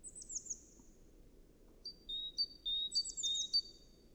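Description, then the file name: Great tit calls: a run of high, thin descending notes, then clear two-note whistles alternating high and low, repeated quickly, with more high descending notes near the end. "Parus major"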